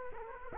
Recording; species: mosquito wingbeat signal from an infrared sensor; Culex quinquefasciatus